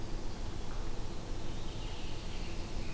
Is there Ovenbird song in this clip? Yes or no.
no